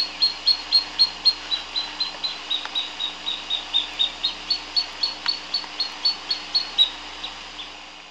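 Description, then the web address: Pearl kite giving a rapid, even run of sharp high whistles, roughly four a second, with a low steady hum beneath. Recorded in the eastern lowlands of South America. "Natures Songs S America Eastern Lowlands. Pearl Kite"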